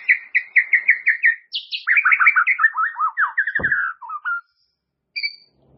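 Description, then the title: White-rumped shama song: a run of quick, evenly repeated whistled notes, then a tumbling, varied stream of rich warbled phrases, ending in a single high thin whistle. "murai batu"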